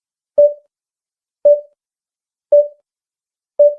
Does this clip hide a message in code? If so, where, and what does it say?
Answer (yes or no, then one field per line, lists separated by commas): no